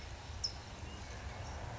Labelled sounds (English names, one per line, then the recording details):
California Towhee
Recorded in Sonoma County, California